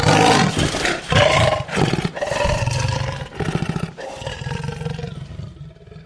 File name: leopard growls